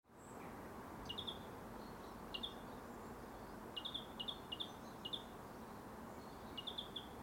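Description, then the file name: European greenfinch giving short, high chirping notes, mostly in quick pairs or triplets, scattered throughout over a steady background hiss. "Chloris chloris"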